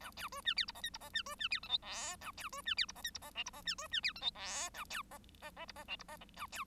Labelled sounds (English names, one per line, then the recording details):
Bengalese Finch song
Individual Bird1